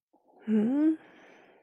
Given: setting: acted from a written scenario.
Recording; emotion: vocal sound without words; confusion